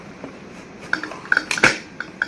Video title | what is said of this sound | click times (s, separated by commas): Kenwood food processor fdp-302wh vs Moulinex food processor FP247127 demo & unboxing | ठीक है जी, ये lock हो जाता है। | 2.2 s